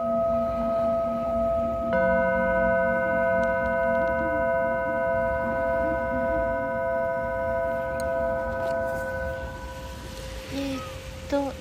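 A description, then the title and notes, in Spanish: A Tibetan singing bowl hums steadily, freshly struck near two seconds so its ringing tones swell, then fade with faint clicks and rustling near the end. Cuenco tibetano desde Caribe Mexicano.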